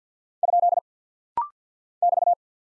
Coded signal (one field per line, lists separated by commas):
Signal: Morse code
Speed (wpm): 50 wpm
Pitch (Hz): 700 Hz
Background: none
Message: ? <BT>